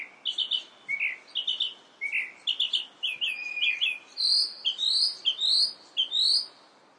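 Calandra lark song, a rapid run of varied chirps, trills and rising whistled notes in quick succession with only brief pauses.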